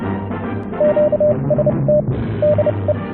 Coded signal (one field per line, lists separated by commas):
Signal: Morse code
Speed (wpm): 30 wpm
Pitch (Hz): 600 Hz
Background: radio noise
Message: QST DE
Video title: Ham Radio - The back yard vertical part 4. Installing and testing the antenna